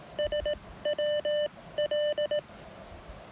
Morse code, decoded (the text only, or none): SWL